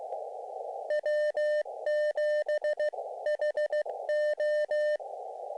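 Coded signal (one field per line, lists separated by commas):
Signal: Morse code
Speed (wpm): 15 wpm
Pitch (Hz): 590 Hz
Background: radio noise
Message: W7HO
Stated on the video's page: QRP SOTA summit activation using an Elecraft KX2 with linked dipole and 58-foot long wire antenna.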